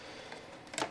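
A plastic LEGO brick hinge piece is being worked into a castle wall assembly from the LEGO Creator 2025 Medieval Horse Knight Castle 31168, after the wall section had come apart earlier. Over a low steady background there is a faint tick at 0.3 s and a sharper cluster of handling ticks around 0.7 to 0.8 s. Nothing has seated or clicked yet.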